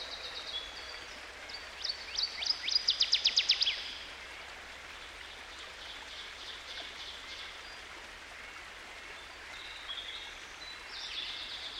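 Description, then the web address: Northern waterthrush song: an emphatic run of quick, slurred chip notes that accelerates and stops short, set against a constant rushing noise with faint other bird calls later. By a stream. "Dan Gibson Songbirds By The Stream. Northern Waterthrush"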